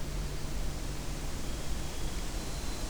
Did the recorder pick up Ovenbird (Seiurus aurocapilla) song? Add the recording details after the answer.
no. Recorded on 23 June 2016 at 07:40. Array SBT-6-76